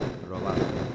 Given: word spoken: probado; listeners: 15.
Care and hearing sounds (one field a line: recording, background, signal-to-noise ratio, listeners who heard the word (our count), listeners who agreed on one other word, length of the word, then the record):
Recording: one Spanish word in noise, from a listening test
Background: noise modulated by three-talker babble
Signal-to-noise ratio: -6.7 dB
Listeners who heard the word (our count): 0 of 15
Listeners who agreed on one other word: 8 of 15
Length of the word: 0.55 s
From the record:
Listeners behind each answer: 8, 4, 1, 1, 1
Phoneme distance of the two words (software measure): 34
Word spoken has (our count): 3 syllables, 7 phonemes, stress on syllable 2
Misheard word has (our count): 2 syllables, 5 phonemes, stress on syllable 2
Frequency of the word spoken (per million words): 10.51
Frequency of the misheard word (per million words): 8.13